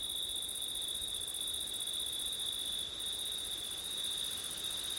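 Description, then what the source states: Crickets trilling continuously at a high, even pitch, with a second shrill layer above and a soft wash of wind throughout. Crickets on a windy September night.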